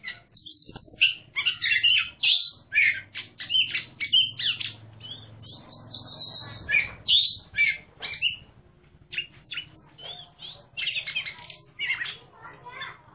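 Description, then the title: Oriental magpie-robin delivering bursts of bright, varied whistled and chirping notes at a fast pace, some phrases separated by short gaps, over a low steady hum. Competition singing bird, national champion, singing actively in the clear ngeplong song style. "burung berkicau Kacer Ngeplong gacor Juara Nasional. burung Kacer"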